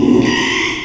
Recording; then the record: squeal of a Yucatan mini pig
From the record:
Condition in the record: after surgery on the right vocal fold (resection and tissue-engineered implant); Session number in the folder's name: 1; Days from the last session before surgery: 6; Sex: male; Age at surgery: 12 weeks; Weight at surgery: 13 kg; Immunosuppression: cyclosporine, prednisolone